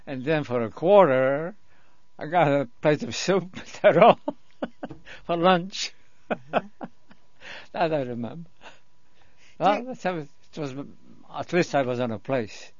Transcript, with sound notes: And then for a quarter I got a plate of soup and a roll for lunch. ( he laughs ) That I remember.
Do you...
It was, at least I was in a place.